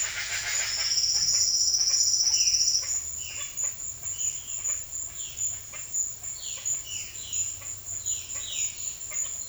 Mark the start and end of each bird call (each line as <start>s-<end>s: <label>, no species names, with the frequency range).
0.00s-0.92s: bird call (0.4-6.5 kHz)
2.29s-8.79s: bird call (1.8-4.5 kHz)